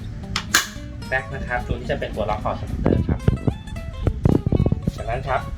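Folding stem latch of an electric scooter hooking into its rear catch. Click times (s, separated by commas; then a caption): 0.4 s, 0.6 s. The folding stem latch of a SEALUP Q8 48V electric scooter hooks into its rear catch after the locking pin is pulled, the stem is folded down, and the scooter is pulled. Two sharp, loud clacks at 0.4 s and 0.6 s show the latch seating. Someone talks through the rest of the clip, with music and a few faint ticks.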